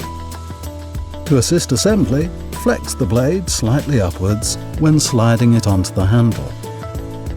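A metal surgical scalpel blade is flexed slightly upwards while being slid onto the fitment of a metal scalpel handle. Someone talks over background music, with two brief sharp sounds near 1.0 and 1.1 seconds. Nothing has seated or clicked yet.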